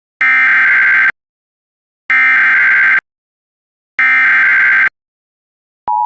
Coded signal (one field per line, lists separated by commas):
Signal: Emergency Alert System (SAME) tones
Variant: header bursts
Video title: EAS #714 Immediate Evacuation